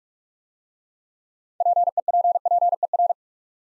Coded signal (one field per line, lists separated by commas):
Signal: Morse code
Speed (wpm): 44 wpm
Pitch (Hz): 700 Hz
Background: none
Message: PEPPER